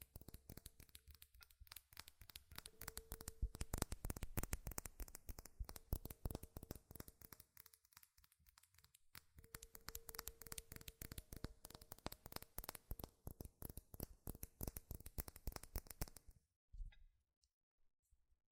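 Fast, furious tapping on metal in dense, bright clicks with a faint steady tone behind, stopping near sixteen seconds before a soft thud.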